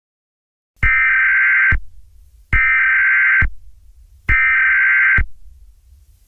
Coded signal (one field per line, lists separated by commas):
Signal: Emergency Alert System (SAME) tones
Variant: header bursts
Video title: EAS Scenario 3. Technology rebels